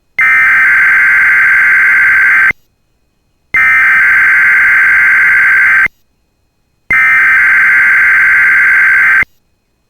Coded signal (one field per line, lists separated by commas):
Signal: Emergency Alert System (SAME) tones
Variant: header bursts